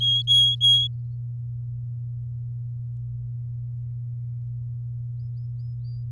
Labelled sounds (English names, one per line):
Domestic Canary song